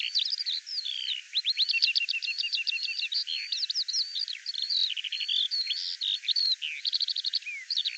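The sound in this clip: Bird song, a long hurried stream of chirps, rapid note series and descending slurs, varied and nearly unbroken.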